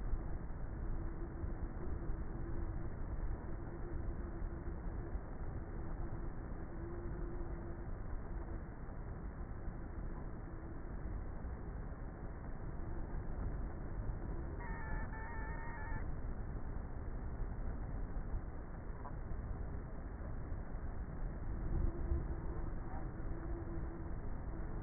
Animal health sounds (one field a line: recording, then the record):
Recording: honeybee colony, microphone inside the hive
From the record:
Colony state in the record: queenless with a low population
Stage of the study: before two queens were removed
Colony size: about 30,000 bees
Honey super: no